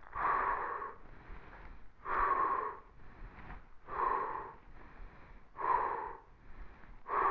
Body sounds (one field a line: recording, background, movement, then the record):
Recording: deep breathing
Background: quiet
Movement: sitting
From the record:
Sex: male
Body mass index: 22.0 kg/m2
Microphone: on the chest, facing the body